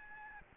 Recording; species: mosquito wingbeat signal from an infrared sensor; Aedes albopictus